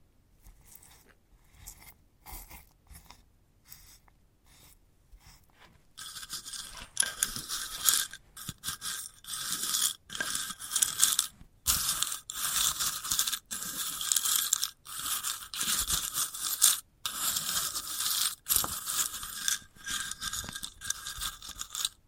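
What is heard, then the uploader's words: ASMR handling of a sunflower head, with dry crunching and scraping sounds. The first six seconds bring only short, scattered crackles; after that the scratching turns dense and bright, coming in rough bursts a second or two long, broken by brief pauses. ASMR of a Sunflower Head (No Talking).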